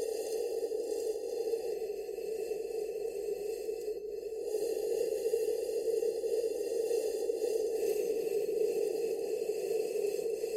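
Ear cupping sounds form a dense, steady muffled rustle, mostly in the low-middle range, with a faint thin hiss above. The level stays nearly even throughout, with a brief softer dip around four seconds before the rubbing continues unchanged.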